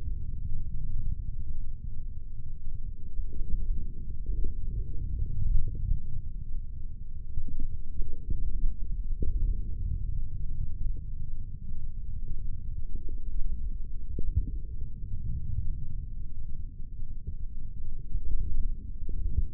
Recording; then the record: forearm muscle sounds (acoustic myography)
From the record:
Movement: forearm supination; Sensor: system 3, bracelet of six PUI Audio POM-2738L microphones around the upper forearm, with dedicated amplification and filtering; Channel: 1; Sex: male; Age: 25 years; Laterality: right